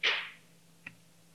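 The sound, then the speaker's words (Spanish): A computer mouse click on a measurement point in an open data web portal: a sharp, bright snap at the start that fades quickly, then a second, quieter click a moment later, with a low steady hum underneath and no talking. “E se fago un clic, pues dame información que aparece na folla que vi antes, no CSV anterior.”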